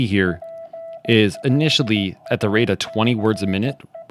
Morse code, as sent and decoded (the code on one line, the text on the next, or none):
.--. .-.. .- -.-. .
PLACE